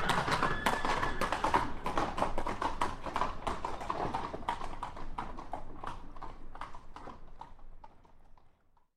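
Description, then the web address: Horses galloping, a rapid clatter of hooves on a hard surface, loud at first and then fading away over several seconds. Two horses galloping past on cobblestones. "Hollywood Edge Historical Series War Horses Armies Weapons Two Horses Gallop By On Cobble"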